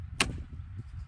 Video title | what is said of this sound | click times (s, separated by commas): Mellif Brushless Snowblower Shovel! | Just snaps right in. | 0.2 s